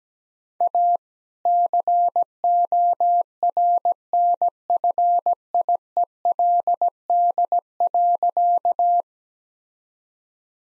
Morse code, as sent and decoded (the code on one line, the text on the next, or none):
.- / -.-. --- .-. -. ..-. .. . .-.. -.. .-.-.-
A CORNFIELD.